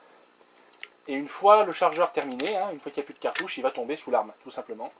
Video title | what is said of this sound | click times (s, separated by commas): Présentation STEYR M1895 Repetier Stutzen (fusil court) 8x50R (fr) | le clip qui va se resserrer venir se clipser et | 0.8 s